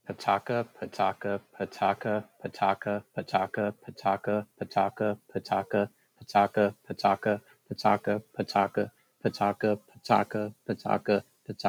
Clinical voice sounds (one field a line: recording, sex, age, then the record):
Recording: repeated syllables /pa ta ka/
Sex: male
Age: 20 to 29 years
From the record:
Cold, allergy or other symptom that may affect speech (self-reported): no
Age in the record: 24 years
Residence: Texas, United States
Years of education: 14